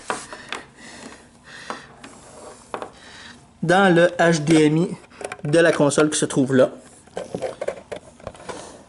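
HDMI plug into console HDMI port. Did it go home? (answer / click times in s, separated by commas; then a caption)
no / none. An HDMI cable plug is handled at the HDMI port of a NES Classic Edition console, with short handling taps and knocks near 0.1, 0.5, 1.7 and 2.7 seconds and another at 7.7 seconds. Someone talks through the middle. The plug has not seated or clicked into the port yet.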